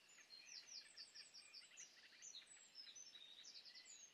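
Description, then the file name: Eurasian wren song, a run of high, clipped notes and trills over steady background hiss. "Troglodytes troglodytes"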